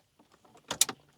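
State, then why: Seated. The locking clip over a wiring harness connector on the radio of a Lexus GX460 infotainment system install is pushed closed. A few faint taps lead into a quick burst of sharp clicks, with the loudest, brightest snap at 0.8 s. The clip snaps back into its location and is seated.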